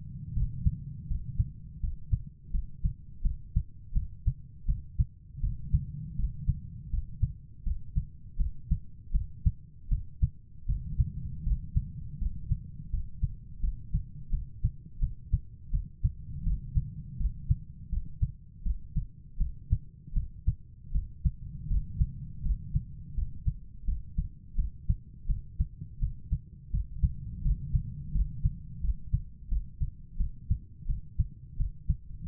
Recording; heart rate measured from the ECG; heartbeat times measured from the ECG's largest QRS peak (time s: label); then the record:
heart sounds by stethoscope; 83 bpm
0.33 s: heartbeat
1.07 s: heartbeat
1.80 s: heartbeat
2.51 s: heartbeat
3.21 s: heartbeat
3.92 s: heartbeat
4.65 s: heartbeat
5.40 s: heartbeat
6.15 s: heartbeat
6.90 s: heartbeat
7.63 s: heartbeat
8.36 s: heartbeat
9.11 s: heartbeat
9.88 s: heartbeat
10.65 s: heartbeat
11.43 s: heartbeat
12.18 s: heartbeat
12.90 s: heartbeat
13.60 s: heartbeat
14.29 s: heartbeat
14.99 s: heartbeat
15.70 s: heartbeat
16.43 s: heartbeat
17.17 s: heartbeat
17.89 s: heartbeat
18.62 s: heartbeat
19.37 s: heartbeat
20.13 s: heartbeat
20.91 s: heartbeat
21.67 s: heartbeat
22.42 s: heartbeat
23.14 s: heartbeat
23.84 s: heartbeat
24.55 s: heartbeat
25.26 s: heartbeat
25.99 s: heartbeat
26.70 s: heartbeat
27.42 s: heartbeat
28.11 s: heartbeat
28.80 s: heartbeat
29.48 s: heartbeat
30.17 s: heartbeat
30.86 s: heartbeat
31.56 s: heartbeat
32.27 s: heartbeat
From the record:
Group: healthy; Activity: cold pressor test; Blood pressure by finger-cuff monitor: 121/91 mmHg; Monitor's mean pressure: 103 mmHg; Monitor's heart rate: 83 bpm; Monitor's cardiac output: 5.8 L/min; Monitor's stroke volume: 70 mL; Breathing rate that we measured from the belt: 11 breaths a minute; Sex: female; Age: 32 years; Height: 172 cm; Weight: 71.7 kg